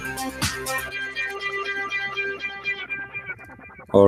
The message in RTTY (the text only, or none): none